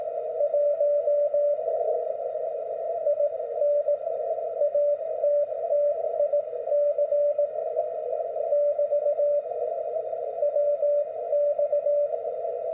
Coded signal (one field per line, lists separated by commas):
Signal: Morse code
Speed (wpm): 19 wpm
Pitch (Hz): 580 Hz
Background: none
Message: 1 IN ATTIC <BT> WX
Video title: What does a CW QSO look like?